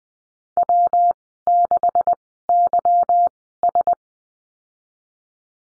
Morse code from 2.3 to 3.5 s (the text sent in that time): Y